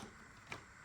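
A plastic accessory tool clip is pushed onto the wand tube of a Maytag Satellite vacuum cleaner during assembly. One short, sharp click is heard at 0.5 s as the clip seats on the wand.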